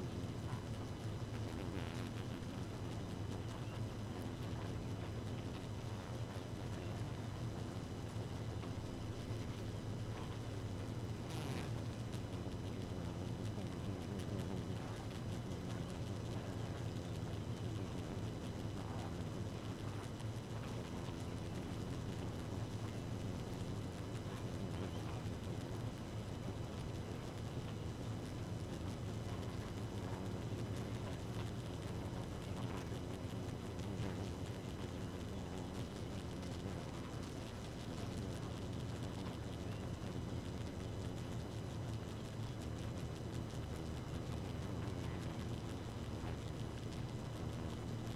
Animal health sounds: honeybee colony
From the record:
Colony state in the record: active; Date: 12 June 2018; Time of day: 2:55

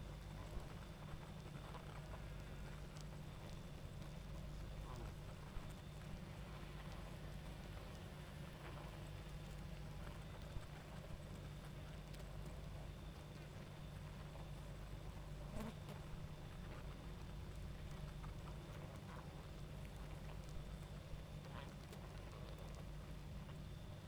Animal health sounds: honeybee colony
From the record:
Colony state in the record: active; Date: 28 July 2017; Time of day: 22:40

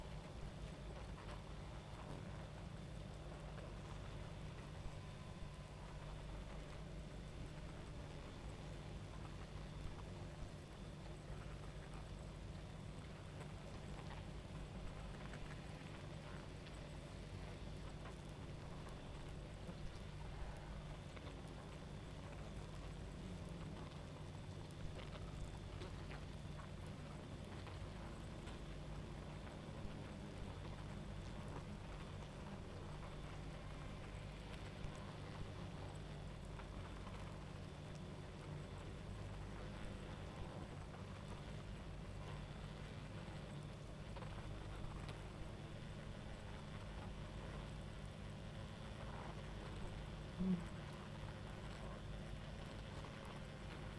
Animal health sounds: honeybee colony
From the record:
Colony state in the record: active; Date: 28 July 2017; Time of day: 23:30

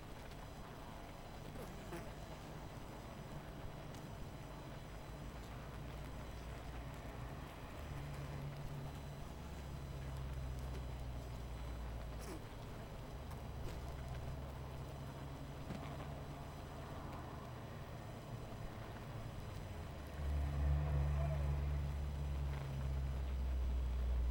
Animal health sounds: honeybee colony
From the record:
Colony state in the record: missing queen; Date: 14 July 2017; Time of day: 20:56

